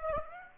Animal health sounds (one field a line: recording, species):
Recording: mosquito wingbeat signal from an infrared sensor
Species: Aedes aegypti